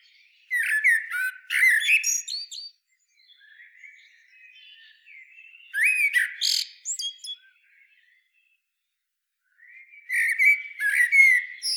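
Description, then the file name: Common blackbird song: low fluted warbled phrases that end in high squeaky twitters, three phrases separated by quiet pauses with faint soft warbling between. "Turdus merula"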